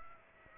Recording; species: mosquito wingbeat signal from an infrared sensor; Aedes aegypti